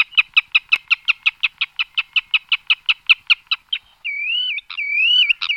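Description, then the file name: Spotted redshank calling: a rapid, steady series of short clipped notes, then wavering whistled phrases that rise and fall. "vodouš-tmavý"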